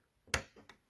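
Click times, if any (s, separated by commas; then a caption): 0.3 s. The centre pin of a small plastic push-rivet clip holding a plastic trim cover on a car is pressed in to release the clip. A sharp, small click sounds at 0.3 s, followed by a fainter tick at about 0.7 s. The clip is released.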